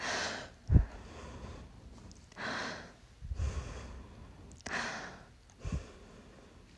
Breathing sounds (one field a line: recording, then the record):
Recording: deep breathing after running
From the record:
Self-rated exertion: light exertion (2 of 6)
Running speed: 5 miles an hour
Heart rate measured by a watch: 95 beats a minute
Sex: female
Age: 18 years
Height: 167 cm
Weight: 50 kg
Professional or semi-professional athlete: no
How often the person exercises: 1 to 2 times a week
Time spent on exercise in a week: 1 to 2 hours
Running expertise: no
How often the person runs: 1 to 2 times a week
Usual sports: running, walking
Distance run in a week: 1 to 2 km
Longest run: 6 km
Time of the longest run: 34 minutes